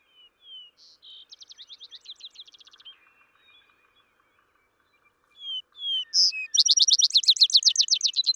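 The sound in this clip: Vesper sparrow song: paired slurred whistles and a rapid chippy trill, a pause, then two slurred whistles leading into a loud, fast, ringing trill.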